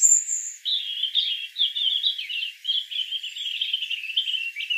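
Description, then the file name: European robin song: a sharp high note, then a steady run of rapid warbling, jumbled mid-high notes lasting several seconds. "Erithacus rubecula"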